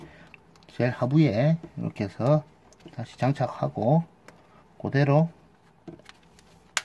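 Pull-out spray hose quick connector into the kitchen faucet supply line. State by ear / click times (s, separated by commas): seated / 6.8 s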